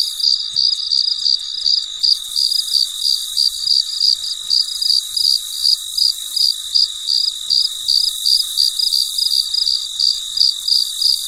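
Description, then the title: Cricket song of bright, short repeated chirps near three per second, with a faint hiss at first that thickens after two seconds into a dense insect drone. Recorded late at night, in deep quiet. "深夜录制蟋蟀昆虫声"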